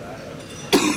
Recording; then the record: coughing mixed with background sound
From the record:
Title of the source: 64 coughing, allergies, singing lungs